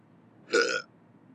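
A single short burp of about a third of a second, a gurgling voiced rumble with a raspy upper edge, rising abruptly out of a quiet room and fading quickly. An ordinary belch, air brought up from the stomach after eating a gyro.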